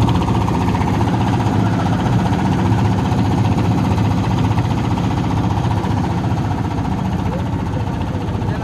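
A boat engine runs steadily throughout as the boat weaves between sandbanks, a loud, continuous low droning hum with a rough, vibrating texture and no pauses or changes in pitch.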